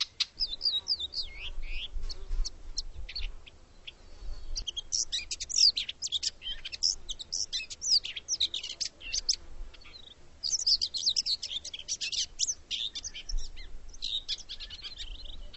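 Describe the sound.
Bird calls: bursts of high, sharp chirps and twittering notes, several overlapping, come in clusters with brief pauses, over a low rumbling background.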